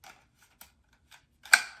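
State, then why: Seated. While a photo backdrop stand is assembled, the locking piece of one tube pole section is joined into the next pole section, with a few faint taps and rustles before it. A sharp, bright click rings at 1.5 s, and another loud knock cuts in right at the end. The locking piece is seated and good.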